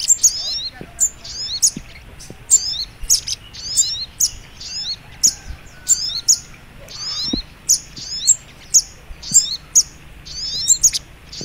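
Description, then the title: Little Spiderhunter song: sharp, high, squeaky chirps in quick clusters, repeated roughly every half second to a second, over faint low hum. Labelled 'labaik'; training recording (masteran). "Burung Sogok Ontong Labaik"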